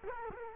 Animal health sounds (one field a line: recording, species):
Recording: mosquito wingbeat signal from an infrared sensor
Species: Culex quinquefasciatus